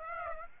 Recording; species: mosquito wingbeat signal from an infrared sensor; Aedes aegypti